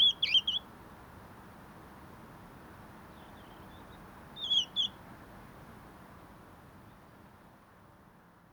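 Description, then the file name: European robin uttering two brief bursts of high, thin notes, separated by several seconds of quiet background hiss. "Erithacus rubecula"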